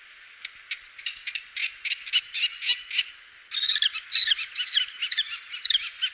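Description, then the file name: Common kestrel calls: sharp, high notes repeated irregularly at first, then a dense run of shrill, chattering notes in the second half. "turmfalke"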